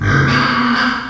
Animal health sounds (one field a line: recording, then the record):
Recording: squeal of a Yucatan mini pig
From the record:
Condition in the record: after surgery on the right vocal fold (resection and tissue-engineered implant)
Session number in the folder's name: 15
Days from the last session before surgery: 175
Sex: female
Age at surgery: 19 weeks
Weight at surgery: 25 kg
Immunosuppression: prednisolone